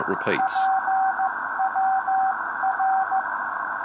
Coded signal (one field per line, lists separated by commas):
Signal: Morse code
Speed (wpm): 14 wpm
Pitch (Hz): 770 Hz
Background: speech, radio noise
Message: PWR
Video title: VK4RTT 2m Beacon Upgrade